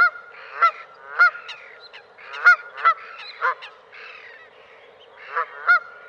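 Bird giving repeated nasal honks, irregularly spaced, with some rougher notes between.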